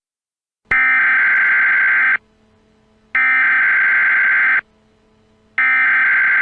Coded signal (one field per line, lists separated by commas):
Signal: Emergency Alert System (SAME) tones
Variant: header bursts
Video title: Eas Aliens are you coming